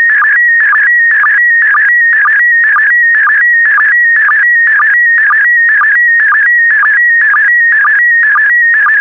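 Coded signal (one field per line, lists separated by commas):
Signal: SSTV (slow-scan television)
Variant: PD120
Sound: warbling, buzzy tone with a rhythmic chirp about twice a second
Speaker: complete you can now check your decoded image against the picture that is shown on the video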